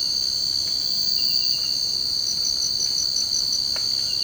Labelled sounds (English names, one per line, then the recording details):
none
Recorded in secondary vegetation near Puerto Asís, Putumayo, Colombia, on 24 March 2025 at 02:30
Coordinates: 0.488, -76.319
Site G095